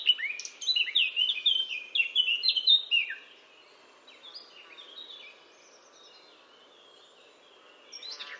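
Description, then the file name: Eurasian blackcap song: a loud, fast run of fluty whistled notes for about three seconds, followed by quiet twittering and a brief note at the close. "Sylvia atricapilla"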